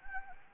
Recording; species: mosquito wingbeat signal from an infrared sensor; Anopheles gambiae